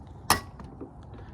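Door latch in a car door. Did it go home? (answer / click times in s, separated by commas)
released / 0.3 s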